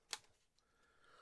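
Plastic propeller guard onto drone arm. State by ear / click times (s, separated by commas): seated / 0.1 s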